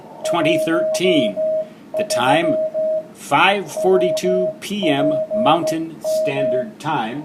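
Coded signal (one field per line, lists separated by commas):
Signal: Morse code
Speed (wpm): 15 wpm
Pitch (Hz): 630 Hz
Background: speech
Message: 13 WPM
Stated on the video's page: Live band conditions on 7 to 21 MHz, with a 15-meter opening.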